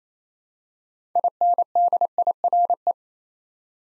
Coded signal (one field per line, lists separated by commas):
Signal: Morse code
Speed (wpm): 29 wpm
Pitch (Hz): 700 Hz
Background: none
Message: INDIRE